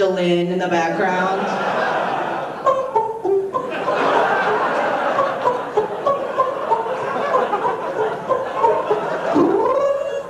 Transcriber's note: makes mandolin noises